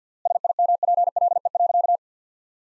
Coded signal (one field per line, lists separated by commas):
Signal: Morse code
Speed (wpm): 45 wpm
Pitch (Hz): 700 Hz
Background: none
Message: SIMPLE.